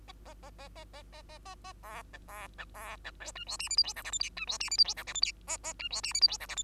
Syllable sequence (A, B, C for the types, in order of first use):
A A A A A A A A A A B C B C B C D E F G H I J K L M N E F G H I J K L M N A A E F G H I J K L M